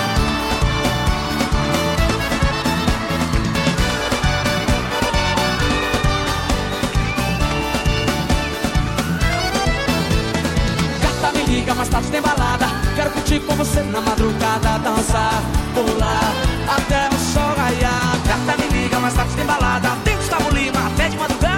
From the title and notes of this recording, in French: Voici une soirée de vendredi vraiment sympa au bowling st savin.